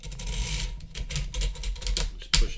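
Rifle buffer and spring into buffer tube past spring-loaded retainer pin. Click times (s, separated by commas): 2.0 s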